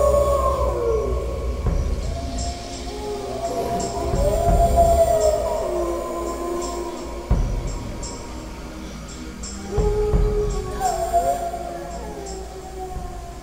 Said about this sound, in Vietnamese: Phần 7. Tiếng sói.